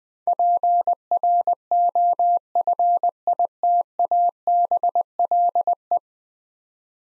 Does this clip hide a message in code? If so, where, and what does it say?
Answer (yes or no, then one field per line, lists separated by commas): yes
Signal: Morse code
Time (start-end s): 0.3-6.0 s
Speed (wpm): 20 wpm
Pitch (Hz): 700 Hz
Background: none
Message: PROFITABLE